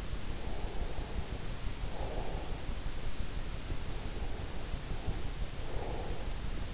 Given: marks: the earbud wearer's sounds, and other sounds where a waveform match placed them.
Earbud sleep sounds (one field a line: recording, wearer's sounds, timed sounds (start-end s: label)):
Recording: sounds in sleep by an in-ear microphone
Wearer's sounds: breath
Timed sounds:
0.10-6.27 s: breath